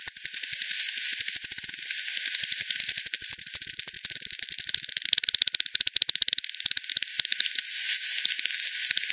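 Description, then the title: Bat echolocation heard as rattling click trains, quickening in places and easing off into sparser ticks toward the end. Multiple bats at the Hogsmill River, Hogsmill Lane, 7 October 2020 at 18:10; recorded with frequency division (FD10), band-pass filtered and resampled. "WW bat 20201007 T 18 : 10 Z-Hogsmill-Lane-Hogsmill-River-multiple-bats"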